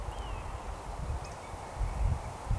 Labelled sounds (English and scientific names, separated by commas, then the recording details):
Eurasian Woodcock (Scolopax rusticola)
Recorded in Baden-Württemberg, Germany, on 13 June 2020 at 19:25 UTC
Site 43791, 788 m above sea level